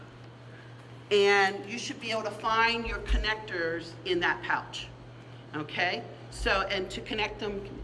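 Someone talks while handling a connector that is about to be joined to its mating connector, with a steady low hum underneath. Nothing has seated or clicked yet; the connector is not yet home when the clip ends.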